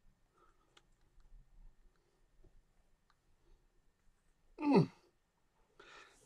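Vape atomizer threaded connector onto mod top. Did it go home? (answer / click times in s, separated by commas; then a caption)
no / none. A metal vape atomizer is being threaded onto the top of a mod, but the thread fails to catch, so nothing has seated or clicked yet. Faint scraping and a brief tick near 0.8 s are heard, then a loud breathy burst around 4.7 s and a softer hiss at 5.8 s.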